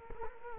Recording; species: mosquito wingbeat signal from an infrared sensor; Culex quinquefasciatus